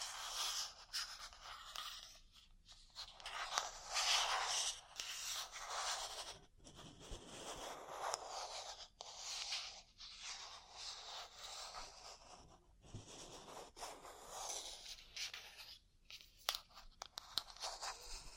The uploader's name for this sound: Ear Cleaning, Massage, Cupping, Tapping